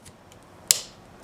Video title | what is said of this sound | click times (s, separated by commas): RTX 3070 Rig Build | locks in automatically like that so i don't know if you heard that click or not | 0.7 s